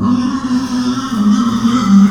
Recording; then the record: squeal of a Yucatan mini pig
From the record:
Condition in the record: after surgery on the right vocal fold (resection and tissue-engineered implant); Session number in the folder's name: 13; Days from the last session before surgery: 113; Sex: female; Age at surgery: 19 weeks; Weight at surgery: 25 kg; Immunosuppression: prednisolone